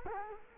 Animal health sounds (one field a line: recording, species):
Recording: mosquito wingbeat signal from an infrared sensor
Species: Culex quinquefasciatus